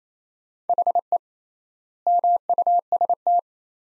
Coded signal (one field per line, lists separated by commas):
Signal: Morse code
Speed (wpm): 28 wpm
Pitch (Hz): 700 Hz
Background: none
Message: HE MUST